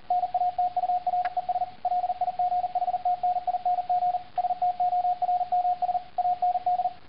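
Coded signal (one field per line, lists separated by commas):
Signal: Morse code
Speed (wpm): 40 wpm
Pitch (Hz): 720 Hz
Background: radio noise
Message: NATURES LIGHTNING STORMS AND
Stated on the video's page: Morse code generated by the Morse-it V2.0 app on iPhone.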